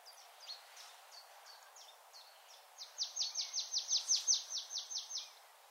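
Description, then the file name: Marsh Tit: soft, spaced high notes, then a loud run of about a dozen rapid descending notes repeated evenly. "Poecile palustris"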